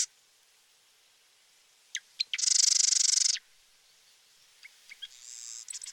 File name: Marsh Wren